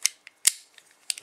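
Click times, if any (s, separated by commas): 1.1 s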